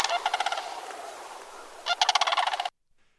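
Sandhill Crane calling in two bursts of harsh, rolling rattled pulses, the second ending abruptly.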